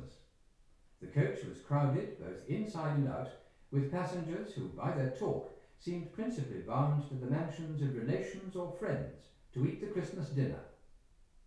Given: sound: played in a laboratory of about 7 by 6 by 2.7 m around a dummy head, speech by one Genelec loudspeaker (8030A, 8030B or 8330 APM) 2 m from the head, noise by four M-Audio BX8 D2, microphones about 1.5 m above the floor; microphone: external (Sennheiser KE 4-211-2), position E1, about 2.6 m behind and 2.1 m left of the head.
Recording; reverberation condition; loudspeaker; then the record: male speech in English; medium; 120 degrees to the left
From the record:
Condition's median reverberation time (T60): about 510 ms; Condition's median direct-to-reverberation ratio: about -0.5 dB